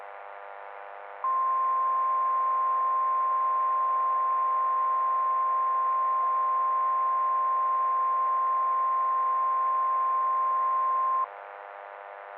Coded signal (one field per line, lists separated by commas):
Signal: Emergency Alert System (SAME) tones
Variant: 1050 Hz attention tone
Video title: The Final Battle (EAS Scenario)